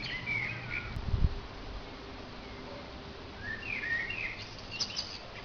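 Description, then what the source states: Tit calls: short bursts of high twittering notes near the start and again from around four seconds, with a low thud early on and a constant background rumble. Recorded 3 June 2010.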